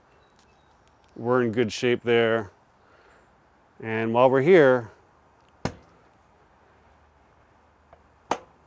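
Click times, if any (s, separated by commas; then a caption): 8.3 s. A Komodo Kamado grill lid latch is set to its first click, the storage position, so the lid is not fully closed and can still move. Someone talks, then a faint sharp click comes at 5.6 s and a louder one at 8.3 s, where the latch engages its first click. This setting lets air circulate between cooks and keeps pressure off the gasket.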